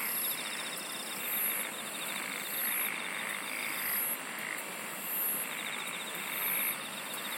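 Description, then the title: Insect chorus with high shrill bursts roughly every 1.2 seconds, a rapid ticking trill that starts and stops, and a constant buzzing hiss. "SINGING OF INSECTS"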